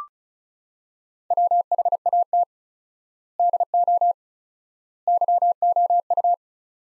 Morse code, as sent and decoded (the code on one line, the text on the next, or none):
.-- .... .- - / -.. --- / -.-- --- ..-
WHAT DO YOU